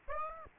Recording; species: mosquito wingbeat signal from an infrared sensor; Aedes aegypti